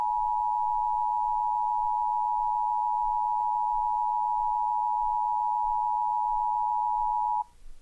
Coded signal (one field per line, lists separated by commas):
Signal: Emergency Alert System (SAME) tones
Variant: 853 and 960 Hz attention tone